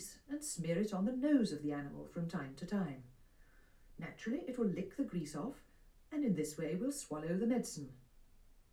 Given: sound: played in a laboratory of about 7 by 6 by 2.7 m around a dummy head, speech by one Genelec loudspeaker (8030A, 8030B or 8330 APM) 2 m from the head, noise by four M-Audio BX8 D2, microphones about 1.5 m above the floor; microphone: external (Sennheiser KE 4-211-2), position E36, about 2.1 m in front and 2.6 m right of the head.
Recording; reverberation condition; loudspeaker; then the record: female speech in English; low; 150 degrees to the left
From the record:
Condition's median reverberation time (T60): about 310 ms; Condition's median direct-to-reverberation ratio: about 3.5 dB